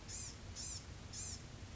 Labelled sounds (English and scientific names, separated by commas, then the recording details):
Blue-gray Gnatcatcher (Polioptila caerulea)
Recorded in Sonoma County, California